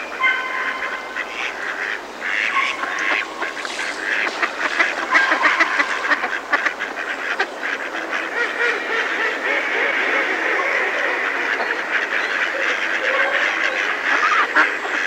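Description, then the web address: Mallards quacking, a steady overlapping chorus of harsh nasal calls from many birds, with louder individual quacks breaking through. Males and females calling, some close and others in the distance; a female heard close. "ducks mallard close female males and females in distance"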